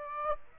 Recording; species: mosquito wingbeat signal from an infrared sensor; Aedes aegypti